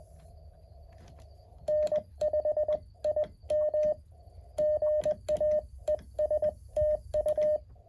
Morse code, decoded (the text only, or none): N5IM GA ES TU